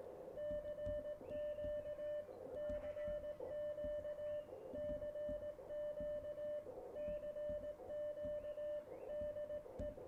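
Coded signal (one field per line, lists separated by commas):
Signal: Morse code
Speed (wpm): 17 wpm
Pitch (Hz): 590 Hz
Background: radio noise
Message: CQ CQ CQ CQ DE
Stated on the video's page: Live radio operation on PRC-320 and K1 radios.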